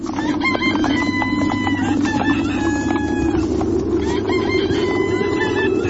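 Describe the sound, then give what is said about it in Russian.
Several roosters crow again and again at daybreak near the snowbound village of Zhadrino, their harsh, drawn-out calls overlapping over a steady low rumble of farmyard background, with fowl clucking mixed in throughout. “Пели петухи, и было уже светло, как достигли они Жадрина.”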